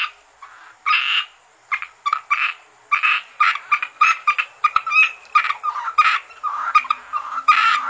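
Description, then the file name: Asian grass frog calls: many rasping croaks following each other rapidly throughout. "rana limnocharis yannick dauby gruenrekorder"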